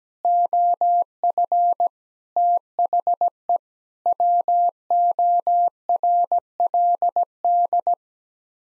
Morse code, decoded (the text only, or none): OF THE WORLD